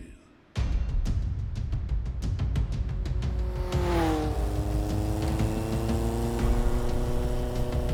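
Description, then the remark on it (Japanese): A car engine roars to life with a burst of rapid, rattling revs, then a sustained, whining tire squeal slides downward in pitch and holds steady over the loud motor drone. “なかなか素敵な車ね。スクラップにするにはもったいないわ。”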